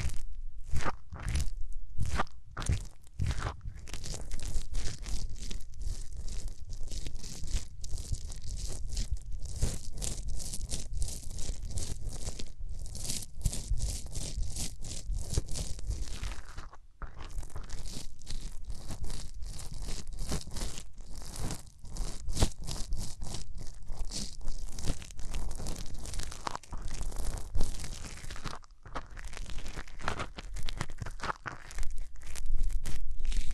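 Hands rub over the ears in a dense, crackling rustle that runs almost without pause, full of quick scratchy strokes. A few sharp separate crunches open the first seconds, and the rubbing briefly drops out around 17 and 29 seconds before resuming.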